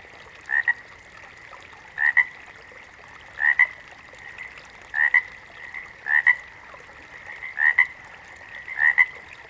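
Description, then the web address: Water frog giving short double-pulsed croaks, each a quick paired rasp, repeated about every one and a half seconds over a faint steady background hum. "Sleep Sounds of Nature FROGS 02 Water Frogs"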